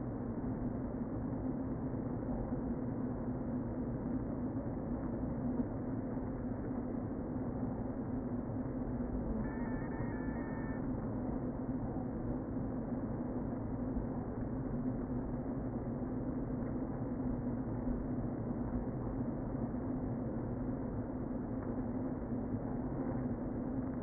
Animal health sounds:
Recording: honeybee colony, microphone inside the hive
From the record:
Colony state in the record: queen present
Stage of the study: before two queens were removed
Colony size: about 60,000 bees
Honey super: yes

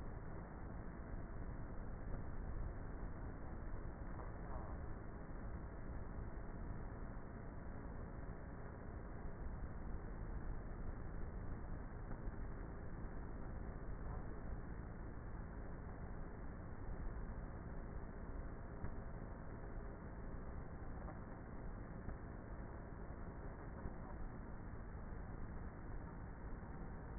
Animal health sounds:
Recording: honeybee colony, microphone inside the hive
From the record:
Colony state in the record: queenless with a low population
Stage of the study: before two queens were removed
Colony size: about 30,000 bees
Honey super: no

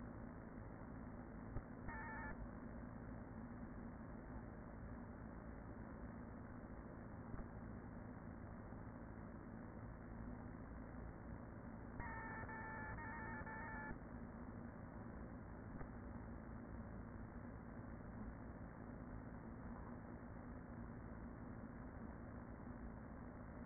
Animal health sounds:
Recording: honeybee colony, microphone inside the hive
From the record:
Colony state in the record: queen present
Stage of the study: after two queens were removed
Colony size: about 40,000 bees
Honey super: no

